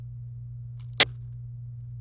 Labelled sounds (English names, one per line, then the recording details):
Domestic Canary song
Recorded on 26 April 2018 at 16:11
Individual llb3